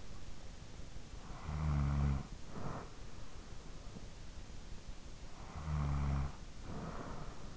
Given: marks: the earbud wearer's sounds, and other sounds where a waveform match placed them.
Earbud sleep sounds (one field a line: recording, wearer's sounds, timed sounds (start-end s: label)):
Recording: sounds in sleep by an in-ear microphone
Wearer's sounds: snoring breath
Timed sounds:
0.87-3.40 s: snoring breath
4.99-7.57 s: snoring breath